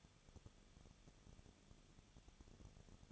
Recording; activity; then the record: daily activity, microphone in the room; no activity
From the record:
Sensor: 4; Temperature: 23.1 degrees Celsius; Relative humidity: 34.1%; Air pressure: 1007.2 hPa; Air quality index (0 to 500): 216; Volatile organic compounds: 15 ppm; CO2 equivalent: 2494 ppm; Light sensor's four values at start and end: 2/3/1/1 and 2/3/1/1